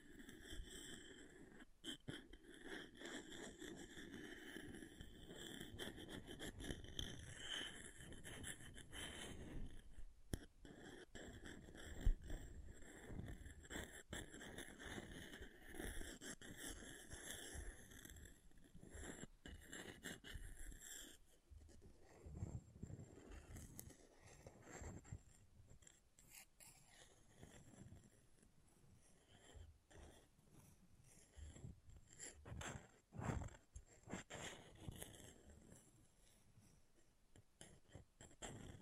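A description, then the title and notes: Scratching against an object, a dense, rough rasp that keeps going with many short vertical bursts and brief gaps. The first twenty seconds are fuller and steadier, with a faint whining tone held above. After that the strokes thin out into sparser, choppier scrapes. ASMR Brain Melting Object Scratching (No Talking).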